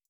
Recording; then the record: hydrophone in a shrimp aquaculture tank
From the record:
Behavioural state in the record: feeding